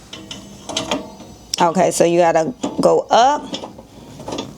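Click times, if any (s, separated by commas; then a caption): 4.4 s. A plastic film tray is lifted and its hooks are slid into the mounting holes at the front of an HTVRONT D2 DTF printer, with light plastic clicks and rattles early on while someone talks. A sharp click at 4.4 s marks the tray hooks locking into place.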